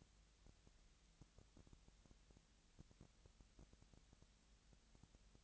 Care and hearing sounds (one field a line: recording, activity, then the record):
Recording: daily activity, microphone in the room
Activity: no activity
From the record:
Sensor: 3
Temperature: 20.6 degrees Celsius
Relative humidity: 35.7%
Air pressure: 998.8 hPa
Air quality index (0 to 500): 236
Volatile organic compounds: 72 ppm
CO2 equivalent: 3534 ppm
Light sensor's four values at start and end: 2/3/2/2 and 2/3/2/2